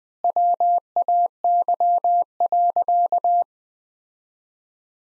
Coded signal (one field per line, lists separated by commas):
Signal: Morse code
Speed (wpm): 21 wpm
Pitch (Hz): 700 Hz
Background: none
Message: WAY.